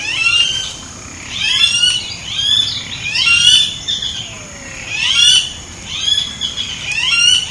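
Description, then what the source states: Blackish rail calling in loud, screechy, harmonic squeals that rise and fall, one burst roughly every one and a half to two seconds, with a constant high hiss behind. Recorded by A. Silveira at Jardim Botânico, Porto Alegre, Rio Grande do Sul, Brazil, on 19 October 2014.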